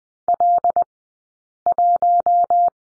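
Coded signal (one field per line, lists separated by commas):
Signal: Morse code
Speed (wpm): 20 wpm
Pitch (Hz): 700 Hz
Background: none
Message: L1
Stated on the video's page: Morse lesson for the letter L at Farnsworth speed 20/10 wpm.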